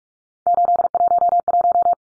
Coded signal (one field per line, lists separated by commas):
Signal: Morse code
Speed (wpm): 44 wpm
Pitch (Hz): 700 Hz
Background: none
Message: 811